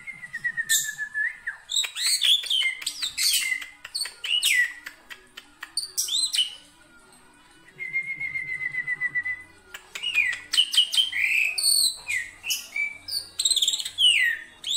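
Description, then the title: Black-winged myna song: long flat whistles alternate with bursts of harsh, buzzy and chattering notes in a varied, fast-paced sequence. Dense, highly varied song of an actively singing bird, used as a master recording for training songbirds. "Kicauan Rapat Jalak Putih Gacor Banyak Variasi Untuk Masteran"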